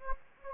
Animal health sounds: mosquito wingbeat signal from an infrared sensor; Anopheles gambiae

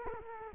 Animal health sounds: mosquito wingbeat signal from an infrared sensor; Culex quinquefasciatus

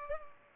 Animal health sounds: mosquito wingbeat signal from an infrared sensor; Culex pipiens

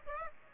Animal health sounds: mosquito wingbeat signal from an infrared sensor; Aedes aegypti

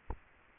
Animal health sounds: mosquito wingbeat signal from an infrared sensor; Anopheles arabiensis

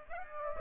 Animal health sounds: mosquito wingbeat signal from an infrared sensor; Aedes aegypti

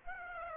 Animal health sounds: mosquito wingbeat signal from an infrared sensor; Aedes aegypti

